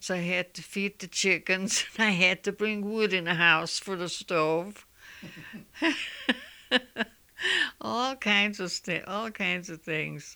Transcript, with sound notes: I had to feed the chickens. I had to bring wood in the house for the stove. [Laughs] All kinds of, all kinds of things.